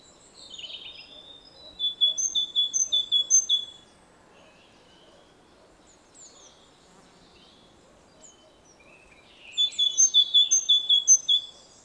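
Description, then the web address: Great tit delivering two bursts of fast, bright alternating notes separated by a quiet pause. "SETE data Parus major"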